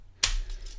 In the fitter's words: the Dennett it works itself out and then you just rotate this whole thing up snaps into place